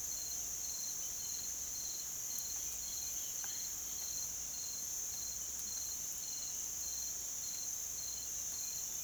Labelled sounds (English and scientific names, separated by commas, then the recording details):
none
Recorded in pastures near Puerto Asís, Putumayo, Colombia, on 25 June 2025 at 05:30
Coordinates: 0.487, -76.322
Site H26